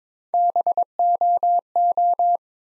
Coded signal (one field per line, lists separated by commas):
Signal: Morse code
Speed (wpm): 22 wpm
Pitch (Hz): 700 Hz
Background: none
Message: BOO